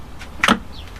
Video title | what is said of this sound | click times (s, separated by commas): Jeep Wrangler TJ Overlander Box | locks back up again same at the bottom | 0.4 s